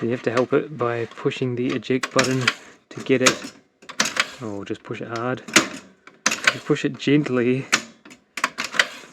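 Someone talks while the top-loading cassette carriage of a National NV-2000 VHS VCR is pushed down hard after earlier gentle pushes failed to click it in. Its plastic and metal latch clicks in at 8.4 s and 8.8 s, freeing up a carriage that had apparently gone stiff, and it is now seated.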